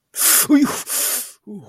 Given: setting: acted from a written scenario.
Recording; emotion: vocal sound without words; pain